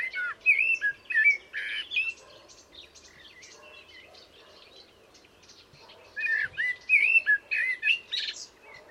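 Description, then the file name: Common blackbird singing: two bursts of fluty, warbling phrases with squeaky high twitters, separated by a quiet pause of about four seconds. "Turdus merula"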